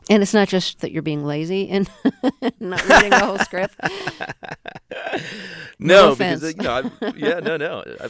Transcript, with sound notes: And it's not just that you're being lazy in not reading the whole script?
(LAUGHTER) No, because...
No offense.
(LAUGHTER) Yeah, no, no.